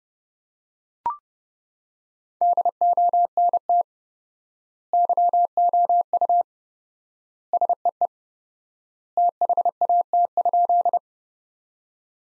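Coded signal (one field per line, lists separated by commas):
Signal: Morse code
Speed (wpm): 30 wpm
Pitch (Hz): 700 Hz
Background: none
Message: DONT YOU SEE THAT?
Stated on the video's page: Morse practice sentences from the top 300 words at 30 wpm with 4x word spacing, a word-based analogue of Farnsworth spacing.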